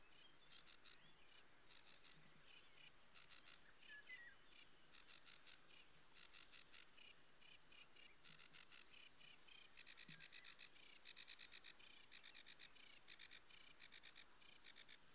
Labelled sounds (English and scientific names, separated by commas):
Sedge Warbler (Acrocephalus schoenobaenus)